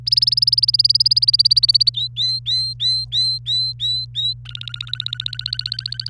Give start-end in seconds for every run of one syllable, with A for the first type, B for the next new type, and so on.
0.07-1.90 A, 1.94-4.34 B, 4.46-6.09 C